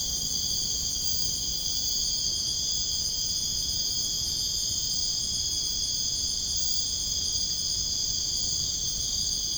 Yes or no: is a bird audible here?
no